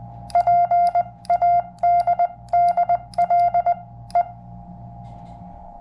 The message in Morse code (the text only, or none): PADDLE